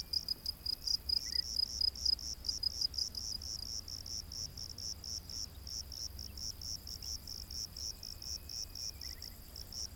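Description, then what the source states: Cricket chirps, high and pulsed, running in a fast series that softens midway. Crickets recorded during the day.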